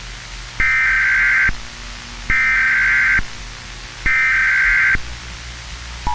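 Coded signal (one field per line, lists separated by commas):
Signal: Emergency Alert System (SAME) tones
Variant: header bursts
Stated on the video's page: Fictional EAS scenario, text and editing made in mobile apps.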